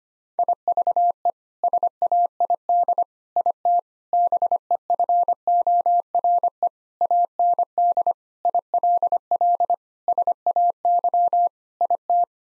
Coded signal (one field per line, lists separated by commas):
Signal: Morse code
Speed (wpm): 25 wpm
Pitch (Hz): 700 Hz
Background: none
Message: IVE SAID IT BEFORE AND ILL SAY IT